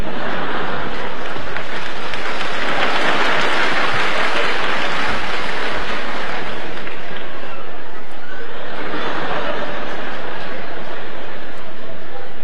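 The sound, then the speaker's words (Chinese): A live audience bursts into sustained clapping, a dense wash of hand claps that swells, dips briefly around the middle, then surges again, loud and continuous throughout. “哎呀，亲爱的观众还真热情啊，我爸爸都半身不遂了，您还鼓掌呢。”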